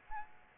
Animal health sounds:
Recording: mosquito wingbeat signal from an infrared sensor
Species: Aedes albopictus

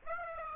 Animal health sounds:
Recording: mosquito wingbeat signal from an infrared sensor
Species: Aedes aegypti

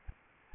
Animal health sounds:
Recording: mosquito wingbeat signal from an infrared sensor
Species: Aedes albopictus

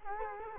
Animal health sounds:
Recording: mosquito wingbeat signal from an infrared sensor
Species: Culex quinquefasciatus

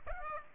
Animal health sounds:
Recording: mosquito wingbeat signal from an infrared sensor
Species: Aedes aegypti

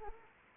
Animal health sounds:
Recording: mosquito wingbeat signal from an infrared sensor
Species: Anopheles arabiensis

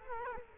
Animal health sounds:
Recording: mosquito wingbeat signal from an infrared sensor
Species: Culex quinquefasciatus

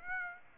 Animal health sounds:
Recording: mosquito wingbeat signal from an infrared sensor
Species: Aedes aegypti

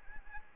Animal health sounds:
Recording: mosquito wingbeat signal from an infrared sensor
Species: Anopheles arabiensis

